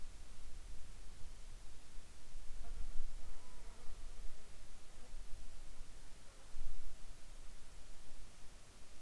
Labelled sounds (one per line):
wind
insects